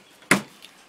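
A sharp pop at 0.3 s as an old JK rubber hood bump, held by a small grommet in a hole in the Jeep hood, is pulled out by hand and releases from the hole. A faint short tick follows at 0.6 s.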